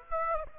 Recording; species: mosquito wingbeat signal from an infrared sensor; Aedes aegypti